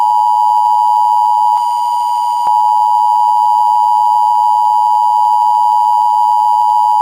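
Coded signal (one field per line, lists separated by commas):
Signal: Emergency Alert System (SAME) tones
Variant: 853 and 960 Hz attention tone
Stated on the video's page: Recreated, homemade Emergency Alert System tornado and thunderstorm alert made as a prank, with loud, scary EAS sounds and effects.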